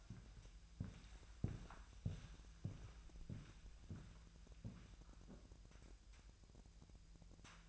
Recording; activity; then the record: daily activity, microphone in the room; walk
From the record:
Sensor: 2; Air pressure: 1002.0 hPa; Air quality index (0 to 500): 227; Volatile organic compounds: 55 ppm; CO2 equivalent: 3361 ppm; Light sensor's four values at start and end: 6/15/6/7 and 6/16/6/7